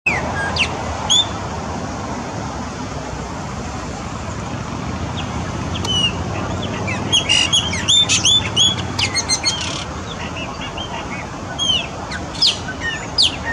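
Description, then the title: Chopi blackbird singing, a few sparse whistles early, then a lively cluster of rapid chips, slurred whistles and trills in the second half, over constant low background noise. "Passaro Preto"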